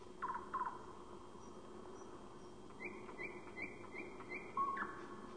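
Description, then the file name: Nightingale song: a couple of short whistled notes, then a run of quick repeated chirping phrases at a higher pitch, ending on a brief whistle, over steady background hiss. "Соловей"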